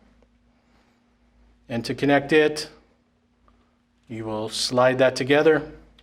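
A keyed cable plug with a ridge is being handled and lined up with the matching port on a fiber network terminal for an 803G, but nothing has seated or clicked yet. Someone talks in two bursts with quiet gaps between them, and a few faint, brief ticks occur near 0.2, 3.5 and 6.0 seconds.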